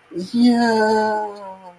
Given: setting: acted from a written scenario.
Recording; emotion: vocal sound without words; elation